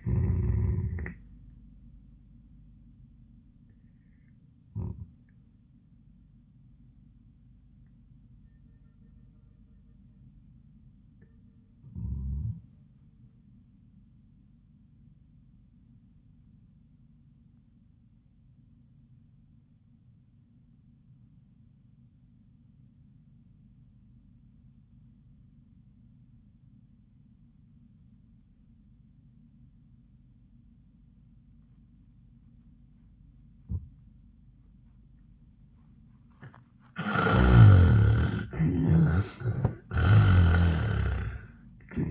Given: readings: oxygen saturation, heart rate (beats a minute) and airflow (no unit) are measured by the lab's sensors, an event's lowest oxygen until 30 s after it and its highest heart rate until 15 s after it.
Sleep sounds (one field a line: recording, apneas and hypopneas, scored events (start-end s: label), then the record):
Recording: breathing in sleep by a smartphone at the bedside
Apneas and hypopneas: 1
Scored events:
1.00-42.11 s: new sleep stage, N1 (lightest sleep)
4.00-37.80 s: obstructive apnea (N1, oxygen 96% highest, then 67% lowest, heart rate 92 at the start, 95 highest)
From the record:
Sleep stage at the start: REM sleep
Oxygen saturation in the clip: 68 to 96%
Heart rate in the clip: 65 to 96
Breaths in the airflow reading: 1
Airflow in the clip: -25.8 to 10.9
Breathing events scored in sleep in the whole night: 400 in 8.7 hours asleep